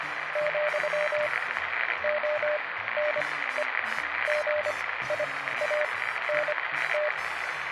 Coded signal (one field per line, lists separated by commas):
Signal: Morse code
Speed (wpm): 25 wpm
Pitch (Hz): 600 Hz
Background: radio noise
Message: , ONE GIANT